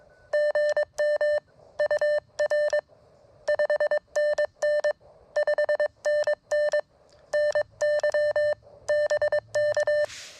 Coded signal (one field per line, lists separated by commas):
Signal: Morse code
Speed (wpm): 22 wpm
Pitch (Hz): 600 Hz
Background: none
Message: GM UR 5NN 5NN NY BK